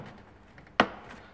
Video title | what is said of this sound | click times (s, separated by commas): Merzedes B klasse E 200 Luftfilte erneuern | dass die klammerte einrastet so | 0.8 s